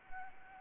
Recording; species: mosquito wingbeat signal from an infrared sensor; Anopheles gambiae